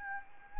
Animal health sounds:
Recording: mosquito wingbeat signal from an infrared sensor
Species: Anopheles gambiae

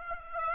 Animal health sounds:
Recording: mosquito wingbeat signal from an infrared sensor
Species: Aedes aegypti

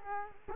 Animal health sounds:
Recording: mosquito wingbeat signal from an infrared sensor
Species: Culex quinquefasciatus

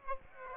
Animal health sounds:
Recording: mosquito wingbeat signal from an infrared sensor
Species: Aedes aegypti

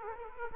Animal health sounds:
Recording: mosquito wingbeat signal from an infrared sensor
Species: Aedes aegypti

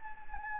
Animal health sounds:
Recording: mosquito wingbeat signal from an infrared sensor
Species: Anopheles gambiae

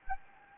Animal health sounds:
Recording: mosquito wingbeat signal from an infrared sensor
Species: Anopheles gambiae

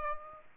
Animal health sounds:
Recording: mosquito wingbeat signal from an infrared sensor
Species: Aedes aegypti

